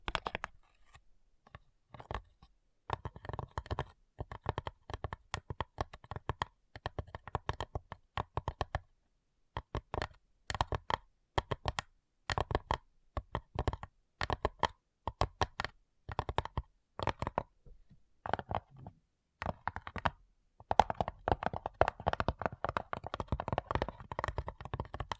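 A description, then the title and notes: Fast fingertip tapping in quick bursts, each a cluster of crisp clicks with short silences between. The rhythm is irregular, speeding into dense flurries and then pausing, with the busiest stretches near the middle and after about twenty seconds. ASMR Addictive Tapping. (No Talking).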